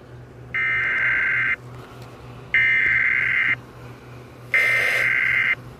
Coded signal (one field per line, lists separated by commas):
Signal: Emergency Alert System (SAME) tones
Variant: header bursts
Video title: Scaling Back Again: FLW on WXJ84 & WKWS (2/3/22) EAS 572 & 573